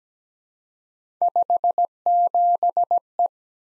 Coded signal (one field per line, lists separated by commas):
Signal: Morse code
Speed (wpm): 17 wpm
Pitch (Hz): 700 Hz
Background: none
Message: 57E